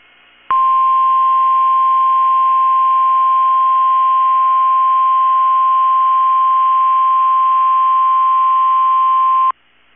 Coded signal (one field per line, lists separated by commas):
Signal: Emergency Alert System (SAME) tones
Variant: 1050 Hz attention tone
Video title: 9/6/23 - KEC65 Required Weekly Test (EAS #871)